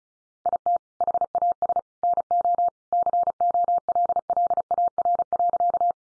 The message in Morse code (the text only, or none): IT HAS NO COLLAR.